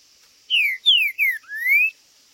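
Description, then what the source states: Green-winged saltator singing a single phrase: three loud down-slurred whistles in quick succession, then a drawn-out rising whistle, over a faint high hum. Singing, chirping and territorial male calling (macheando) in a singing contest (disputa).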